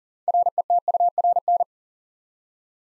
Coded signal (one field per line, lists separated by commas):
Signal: Morse code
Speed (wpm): 40 wpm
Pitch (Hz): 700 Hz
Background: none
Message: RETURN